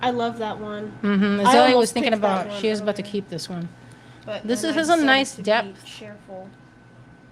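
A sterling silver locket is handled by hand as its hinged cover is brought toward the catch on the locket body, while people talk throughout. The clip ends just before the cover snaps shut, so nothing has seated or clicked yet.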